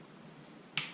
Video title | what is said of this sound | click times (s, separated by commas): Husqvarna TE 300i Steering Stem Bearings and Brake Rebuild | all right there's a click | 0.8 s